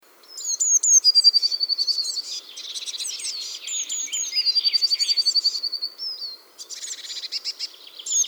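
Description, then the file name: Eurasian blue tit song repeated twice: a few sharp, high downslurred notes leading into a long, fast, level trill, then more high notes. "Cyanistes caeruleus"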